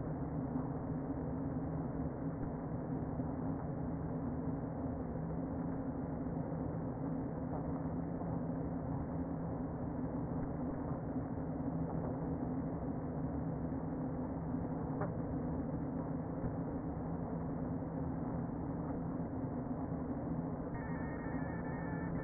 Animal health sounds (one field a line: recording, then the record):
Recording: honeybee colony, microphone inside the hive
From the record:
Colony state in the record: queen present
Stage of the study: before two queens were removed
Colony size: about 60,000 bees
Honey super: yes